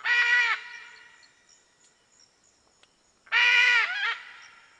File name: Canto da Arara vermelha